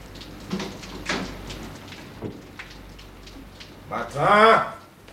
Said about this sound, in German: Es schlug gerade 7:15 Uhr, als ich die Tür zu meinem Büro aufmachte.